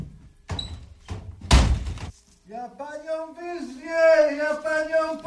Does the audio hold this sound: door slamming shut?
yes